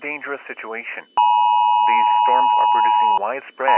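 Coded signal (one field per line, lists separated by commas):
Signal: Emergency Alert System (SAME) tones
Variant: 853 and 960 Hz attention tone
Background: speech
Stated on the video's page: Recreation using actual EAS tones of how a NOAA Weather Radio station may have sounded during a destructive severe thunderstorm.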